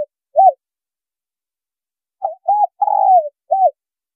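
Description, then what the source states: Spotted dove: a lone short hoot, a quiet gap, then a full phrase of two quick coos, a long falling coo and a last short note. Female bird.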